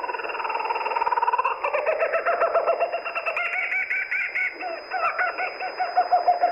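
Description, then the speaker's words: Laughing Kookaburra laugh: fast, pulsed chuckling notes heard through band-limited radio audio. Played back as the identification signal of a shortwave radio service. "And that was Radio Australia with its Call of the Kookaburra."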